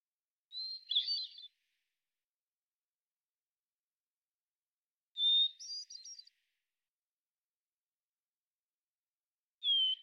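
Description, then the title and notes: Hermit thrush song phrases spaced several seconds apart, each a steady fluty note leading into a quick flourish of notes; no other sounds present. Single bird singing in the Pacific Northwest, Washington, United States; song sequence ending with examples of eight basic phonemes and variants; isolated from original recording, natural pace and rhythm kept. "Hermit Thrush, Catharus guttatus, individual performance, song sequence with an end block of example 8 basic phonemes and variants, isolated from original, natural pace and rhythm maintained Recorded in the beautiful Pacific Northwest, Washington, United States"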